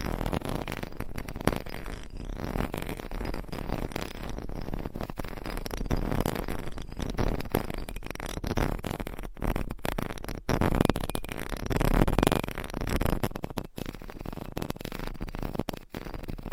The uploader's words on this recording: ASMR Mic Scratching Brain Scratching with 50 DIFFERENT MICS Covers & Nails No Talking.